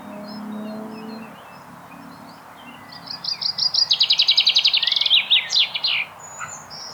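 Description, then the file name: Common chaffinch song: a rapid series of notes ending in a flourish, with faint bird calls and a low hum at first. "Fringilla coelebs"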